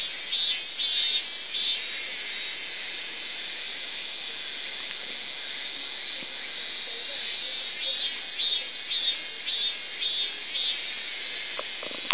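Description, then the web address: Cicada buzzing without pause, a dense high hiss with small surges in loudness near the start and end. "amberman Cicada"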